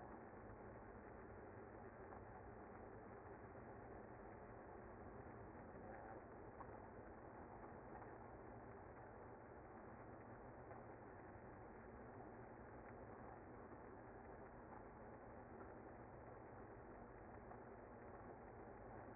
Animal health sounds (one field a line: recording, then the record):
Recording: honeybee colony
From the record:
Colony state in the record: active